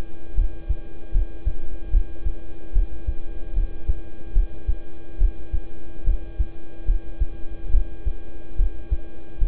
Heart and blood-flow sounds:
heart sounds by stethoscope; between the tricuspid and mitral areas; 73 bpm
0.35 s: heartbeat
1.12 s: heartbeat
1.90 s: heartbeat
2.72 s: heartbeat
3.54 s: heartbeat
4.33 s: heartbeat
5.18 s: heartbeat
6.04 s: heartbeat
6.85 s: heartbeat
7.71 s: heartbeat
8.56 s: heartbeat
9.38 s: heartbeat
From the record:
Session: rest, lying down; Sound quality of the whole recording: good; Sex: male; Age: 26 years

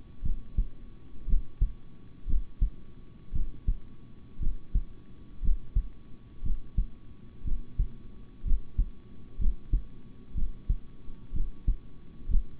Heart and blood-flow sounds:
heart sounds by stethoscope; between the tricuspid and mitral areas; 60 bpm
0.22 s: heartbeat
1.26 s: heartbeat
2.26 s: heartbeat
3.32 s: heartbeat
4.39 s: heartbeat
5.41 s: heartbeat
6.42 s: heartbeat
7.44 s: heartbeat
8.44 s: heartbeat
9.38 s: heartbeat
10.34 s: heartbeat
11.32 s: heartbeat
12.27 s: heartbeat
From the record:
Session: rest, sitting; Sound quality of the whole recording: good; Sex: male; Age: 26 years

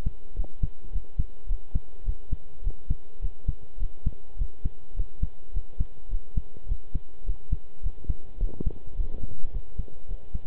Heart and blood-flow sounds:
heart sounds by stethoscope; between the tricuspid and mitral areas; 105 bpm
0.36 s: heartbeat
0.92 s: heartbeat
1.48 s: heartbeat
2.05 s: heartbeat
2.63 s: heartbeat
3.21 s: heartbeat
3.79 s: heartbeat
4.38 s: heartbeat
4.96 s: heartbeat
5.53 s: heartbeat
6.10 s: heartbeat
6.67 s: heartbeat
7.25 s: heartbeat
7.82 s: heartbeat
8.39 s: heartbeat
8.96 s: heartbeat
9.52 s: heartbeat
10.08 s: heartbeat
From the record:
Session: pedaling a stationary bicycle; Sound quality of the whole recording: good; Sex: male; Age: 23 years

